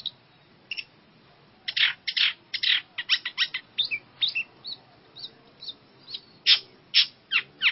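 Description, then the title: Long-tailed shrike song: harsh, scratchy chattering notes in uneven bursts, mixed with short buzzy and squeaky phrases, delivered rapidly and irregularly. "Kicau Burung Pentet"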